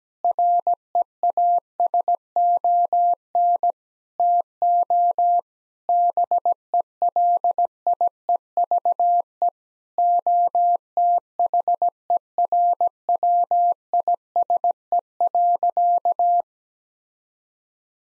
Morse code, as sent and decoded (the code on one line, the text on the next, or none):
.-. . .- ... --- -. / - --- / -... . .-.. .. . ...- . / --- - .... . .-. .-- .. ... . .-.-.-
REASON TO BELIEVE OTHERWISE.